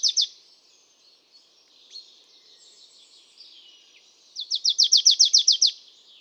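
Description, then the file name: Marsh tit with a brief high chip at the start, then a quick run of about ten sharp, downslurred notes after a quiet stretch of faint twitters. "Poecile palustris"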